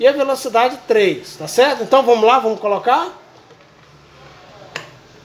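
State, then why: Seated. Someone talks for the first three seconds, then a Cadence ceiling fan's speed selector switch, its slot lined up between speeds 2 and 3, is pushed into the fan's control housing. A single sharp snap at 4.8 s marks the part seating into place.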